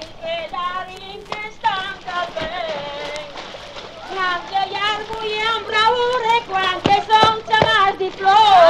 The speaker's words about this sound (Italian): Ai lavatoi, negli abitati, donne chiacchierine e canterine.